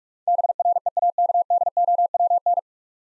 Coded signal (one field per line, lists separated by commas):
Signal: Morse code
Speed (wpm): 44 wpm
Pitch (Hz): 700 Hz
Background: none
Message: BREAKDOWN